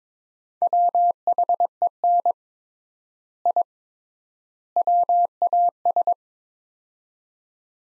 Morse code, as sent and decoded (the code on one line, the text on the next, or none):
.-- .... . -. / .. / .-- .- ...
WHEN I WAS